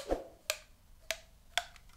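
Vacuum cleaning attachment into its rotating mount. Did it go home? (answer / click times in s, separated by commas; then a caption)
yes / 0.5 s, 1.1 s, 1.6 s. A plastic cleaning attachment for a Dyson V11 Outsize cordless stick vacuum is rotated in its rotating mount, giving sharp clicks at 0.5, 1.1 and 1.6 seconds. A softer tap comes before them, and a faint tick follows. The attachment locks into position and is seated.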